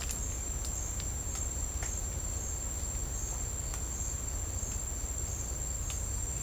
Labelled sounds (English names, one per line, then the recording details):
none
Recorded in secondary vegetation near Puerto Asís, Putumayo, Colombia, on 21 December 2024 at 09:00
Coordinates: 0.499, -76.323
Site G010